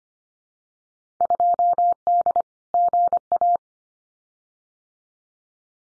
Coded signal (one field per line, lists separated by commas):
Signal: Morse code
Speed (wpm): 25 wpm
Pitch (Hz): 700 Hz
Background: none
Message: 2D GA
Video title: Field Day Exchange 25wpm